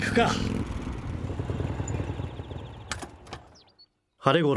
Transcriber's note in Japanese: 鳥の鳴き声; バイク止まる。エンジン切る